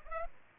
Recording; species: mosquito wingbeat signal from an infrared sensor; Culex pipiens